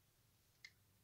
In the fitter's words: Lock हो गई, इन उपर खिंचेंगे निकल जाता, ठीक है जी।